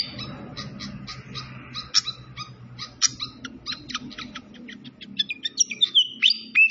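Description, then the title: Malaysian pied fantail giving spaced sharp chirps that quicken, ending in clear upslurred whistles, with a soft low background rumble. Masteran training recording of clear-voiced song combined with the sound of gurgling flowing water. "Masteran Sikatan Kipas Suara Jernih Dan Suara Gemericik Air"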